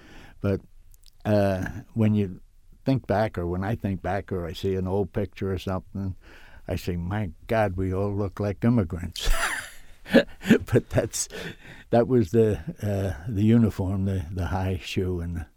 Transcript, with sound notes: But when you think back, or when I think back or I see an old picture or something, I think, "My God, we all look like immigrants." (he laughs) But that's, that was the, the uniform, the high shoe and the,